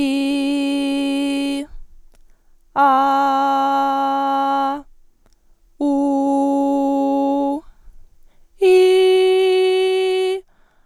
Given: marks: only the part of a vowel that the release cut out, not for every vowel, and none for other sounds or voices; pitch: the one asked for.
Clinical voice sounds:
sustained vowels; female; 20 to 29 years; 0; 0; 0
0.00-1.46 s: vowel /i/, normal pitch
3.06-4.58 s: vowel /a/, normal pitch
5.99-7.42 s: vowel /u/, normal pitch
8.90-10.18 s: vowel /i/, high pitch
From the record:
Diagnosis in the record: healthy voice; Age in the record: 21 years

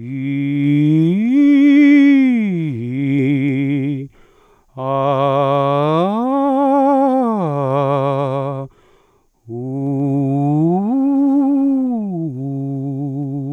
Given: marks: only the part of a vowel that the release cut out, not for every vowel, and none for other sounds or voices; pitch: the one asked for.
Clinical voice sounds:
sustained vowels; male; 30 to 39 years; 0; 0; 0
0.82-3.36 s: vowel /i/, low-high-low pitch
5.62-8.01 s: vowel /a/, low-high-low pitch
10.49-12.93 s: vowel /u/, low-high-low pitch
From the record:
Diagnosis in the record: dysodia (singing voice disorder), contact pachydermia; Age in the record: 34 years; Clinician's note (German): Kontaktpachydermie ohne "Kontaktpachydermie"

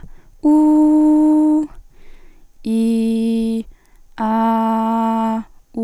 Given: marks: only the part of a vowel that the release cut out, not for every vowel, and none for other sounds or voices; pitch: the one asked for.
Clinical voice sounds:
sustained vowels; female; 20 to 29 years; 0; 0; 0
0.57-1.51 s: vowel /u/, high pitch
2.79-3.53 s: vowel /i/, low pitch
4.35-5.29 s: vowel /a/, low pitch
From the record:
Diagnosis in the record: healthy voice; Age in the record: 20 years

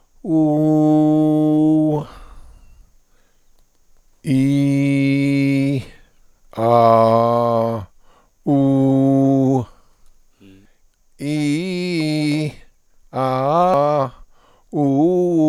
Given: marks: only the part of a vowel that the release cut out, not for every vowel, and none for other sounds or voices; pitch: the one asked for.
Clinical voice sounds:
sustained vowels; male; 60 to 69 years; 1; 1; 0
0.36-1.83 s: vowel /u/, high pitch
4.35-5.72 s: vowel /i/, normal pitch
6.67-7.68 s: vowel /a/, normal pitch
8.54-9.52 s: vowel /u/, normal pitch
11.30-12.38 s: vowel /i/, low-high-low pitch
13.19-13.71 s: vowel /a/, low-high-low pitch
14.79-15.30 s: vowel /u/, low-high-low pitch
From the record:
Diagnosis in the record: contact pachydermia, presbyphonia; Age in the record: 66 years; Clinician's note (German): Ohne Reflux

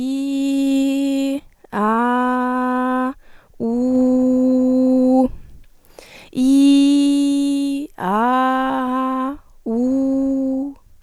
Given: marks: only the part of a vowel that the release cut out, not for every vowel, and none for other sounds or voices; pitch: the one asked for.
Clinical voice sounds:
sustained vowels; female; 20 to 29 years; 0; 0; 0
0.00-1.21 s: vowel /i/, normal pitch
1.88-2.58 s: vowel /a/, normal pitch
3.75-5.03 s: vowel /u/, normal pitch
6.55-7.66 s: vowel /i/, high pitch
8.23-9.19 s: vowel /a/, high pitch
9.77-10.55 s: vowel /u/, high pitch
From the record:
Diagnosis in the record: healthy voice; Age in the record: 26 years

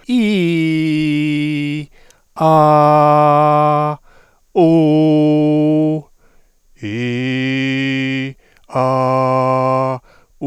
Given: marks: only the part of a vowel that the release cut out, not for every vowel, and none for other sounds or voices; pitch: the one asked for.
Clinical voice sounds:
sustained vowels; male; 50 to 59 years; 1; 1; 0
0.58-1.60 s: vowel /i/, high pitch
2.66-3.74 s: vowel /a/, high pitch
4.72-5.84 s: vowel /u/, high pitch
7.04-8.14 s: vowel /i/, low pitch
8.90-9.82 s: vowel /a/, low pitch
From the record:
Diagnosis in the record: recurrent laryngeal nerve paralysis, dysphonia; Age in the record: 51 years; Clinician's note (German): Alte kompensierte Rec. Par. und funktionelle Dysphonie mit eher hypotonem Schwingungsbild

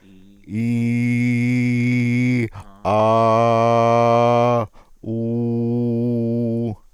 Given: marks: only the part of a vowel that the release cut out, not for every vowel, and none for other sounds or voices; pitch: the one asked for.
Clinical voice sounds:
sustained vowels; male; 40 to 49 years; 1; 1; 1
0.86-2.39 s: vowel /i/, low pitch
3.06-4.52 s: vowel /a/, low pitch
5.17-6.65 s: vowel /u/, low pitch
From the record:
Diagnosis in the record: dysarthrophonia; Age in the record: 41 years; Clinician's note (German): Restsymptomatik

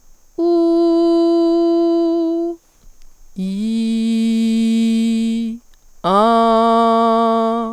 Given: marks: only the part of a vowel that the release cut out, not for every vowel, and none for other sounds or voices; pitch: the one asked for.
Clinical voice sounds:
sustained vowels; female; 20 to 29 years; 0; 0; 0
0.52-2.36 s: vowel /u/, high pitch
3.61-5.39 s: vowel /i/, low pitch
6.21-6.92 s: vowel /a/, low pitch
From the record:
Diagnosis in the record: healthy voice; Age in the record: 22 years

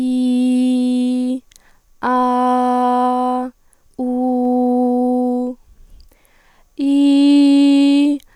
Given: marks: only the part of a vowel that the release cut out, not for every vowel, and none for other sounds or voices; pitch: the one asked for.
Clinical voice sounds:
sustained vowels; female; 18 to 19 years; 1; 0; 1
0.00-1.28 s: vowel /i/, normal pitch
2.11-3.39 s: vowel /a/, normal pitch
4.05-5.43 s: vowel /u/, normal pitch
6.87-8.05 s: vowel /i/, high pitch
From the record:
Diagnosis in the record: functional dysphonia, psychogenic dysphonia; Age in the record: 18 years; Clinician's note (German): Sängerstimme

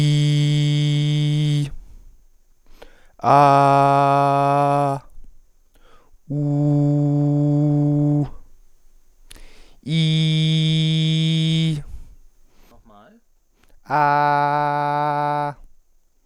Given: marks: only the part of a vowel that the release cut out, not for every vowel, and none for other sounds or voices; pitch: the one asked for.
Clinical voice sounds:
sustained vowels; male; 20 to 29 years; 0; 0; 0
0.00-1.49 s: vowel /i/, normal pitch
3.47-4.81 s: vowel /a/, normal pitch
6.51-8.12 s: vowel /u/, normal pitch
10.08-11.63 s: vowel /i/, high pitch
14.09-15.40 s: vowel /a/, high pitch
From the record:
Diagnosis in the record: healthy voice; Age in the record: 23 years

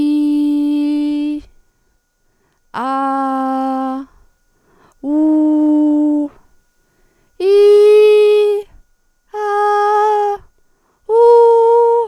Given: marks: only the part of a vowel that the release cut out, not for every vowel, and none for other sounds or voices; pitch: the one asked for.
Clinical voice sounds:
sustained vowels; female; 40 to 49 years; 0; 0; 0
0.00-1.21 s: vowel /i/, normal pitch
2.94-3.91 s: vowel /a/, normal pitch
5.19-6.14 s: vowel /u/, normal pitch
7.51-8.47 s: vowel /i/, high pitch
9.49-10.25 s: vowel /a/, high pitch
11.26-11.90 s: vowel /u/, high pitch
From the record:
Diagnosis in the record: recurrent laryngeal nerve paralysis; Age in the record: 41 years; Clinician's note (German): Links

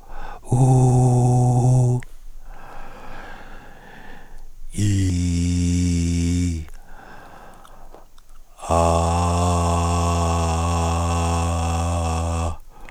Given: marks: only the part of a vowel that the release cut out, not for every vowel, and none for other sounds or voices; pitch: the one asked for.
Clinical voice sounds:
sustained vowels; male; 40 to 49 years; 3; 2; 3
0.61-1.86 s: vowel /u/, high pitch
5.10-6.43 s: vowel /i/, low pitch
10.35-12.35 s: vowel /a/, low pitch
From the record:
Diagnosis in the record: recurrent laryngeal nerve paralysis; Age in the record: 47 years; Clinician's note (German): Frische links in Intermediärstellung, starke Verhauchung; keine stroboskopische Restbeweglichkeit; kein hyperfunktioneller Kompensationsversuch

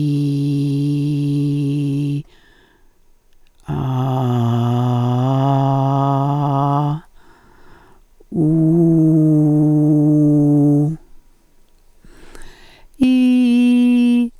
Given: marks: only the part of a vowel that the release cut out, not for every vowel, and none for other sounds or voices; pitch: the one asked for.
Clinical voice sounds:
sustained vowels; female; 60 to 69 years; 2; 1; 2
0.00-2.03 s: vowel /i/, normal pitch
3.95-5.46 s: vowel /a/, normal pitch
8.74-10.68 s: vowel /u/, normal pitch
13.09-14.12 s: vowel /i/, high pitch
From the record:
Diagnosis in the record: dysodia (singing voice disorder); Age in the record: 68 years

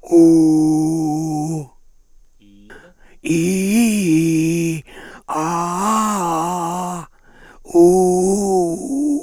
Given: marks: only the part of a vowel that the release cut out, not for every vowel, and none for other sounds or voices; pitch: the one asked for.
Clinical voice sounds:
sustained vowels; male; 60 to 69 years; 3; 2; 3
0.27-1.61 s: vowel /u/, low pitch
3.40-4.78 s: vowel /i/, low-high-low pitch
5.41-6.74 s: vowel /a/, low-high-low pitch
7.81-9.01 s: vowel /u/, low-high-low pitch
From the record:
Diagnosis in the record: frontolateral partial laryngectomy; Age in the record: 67 years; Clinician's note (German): Aufnahme 6 nach OP

